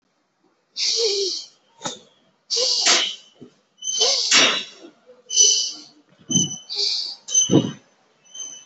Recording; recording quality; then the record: deep breathing; moderate, slight background noise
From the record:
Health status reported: COVID-19 positive, mild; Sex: male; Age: 22 years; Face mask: not worn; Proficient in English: yes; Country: India